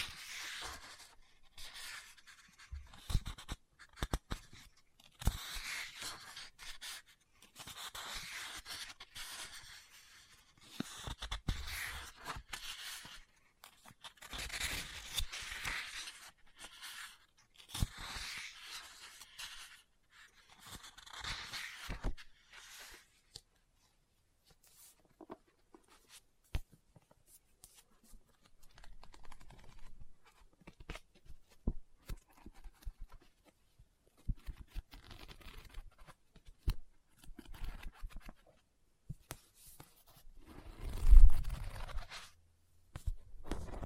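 Fingers tap and scratch on a book, with quick crisp strokes that come in dense bursts through the first twenty seconds. Later the sounds thin out into sparser taps and rustles, and a louder dull knock lands near forty-one seconds.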